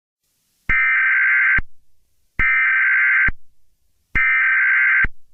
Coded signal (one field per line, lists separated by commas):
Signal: Emergency Alert System (SAME) tones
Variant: header bursts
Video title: SCP-173 incident-5-eas-tape